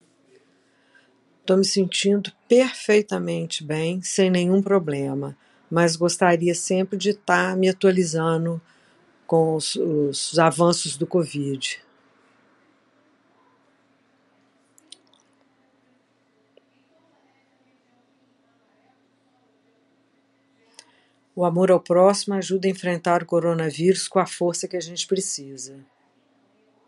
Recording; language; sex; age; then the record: spoken sentence; Brazilian Portuguese; female; 60 to 69 years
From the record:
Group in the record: control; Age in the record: 66 years